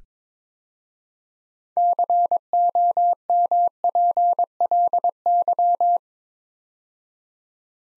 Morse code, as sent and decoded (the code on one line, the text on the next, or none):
-.-. --- -- .--. .-.. -.--
COMPLY